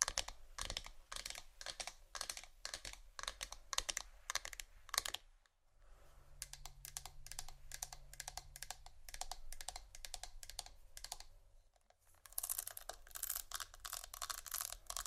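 Rapid crinkling and tapping on plastic and vinyl, a dense run of sharp bright clicks for about five seconds. A brief pause, then softer scratching with a low steady hum from about 6 to 9 seconds, and the crisp tapping returns strongly after 12 seconds.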